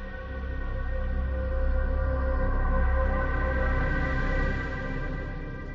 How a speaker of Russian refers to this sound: В 6:45 московского времени его разбудил ревун, сопровождавшийся морганием желтой лампочки. Это сигнал приготовиться.